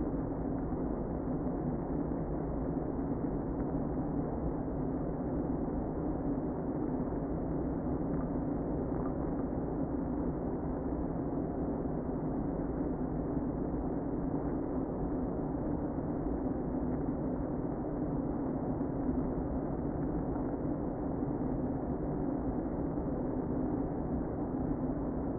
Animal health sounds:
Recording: honeybee colony, microphone inside the hive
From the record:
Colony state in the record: queen present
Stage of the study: before two queens were removed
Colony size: about 60,000 bees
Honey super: yes

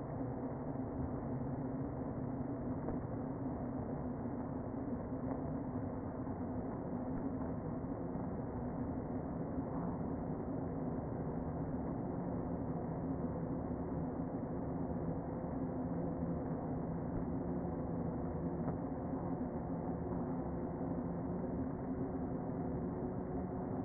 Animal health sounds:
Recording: honeybee colony, microphone inside the hive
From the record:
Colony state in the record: queen present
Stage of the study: before two queens were removed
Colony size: about 60,000 bees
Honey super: yes

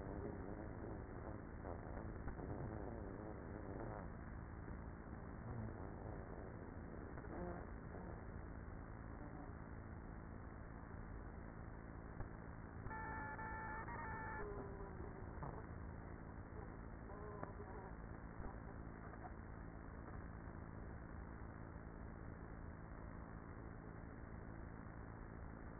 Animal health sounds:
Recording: honeybee colony, microphone inside the hive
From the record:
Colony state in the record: queenless with a low population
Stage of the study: after two queens were removed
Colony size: about 30,000 bees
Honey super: no

